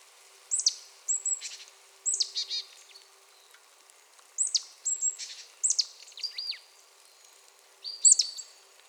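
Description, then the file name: Marsh tit calls in a few bursts of high, sharp downslurred notes with buzzy trailing chatter, separated by short pauses. "Poecile palustris"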